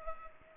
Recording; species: mosquito wingbeat signal from an infrared sensor; Culex pipiens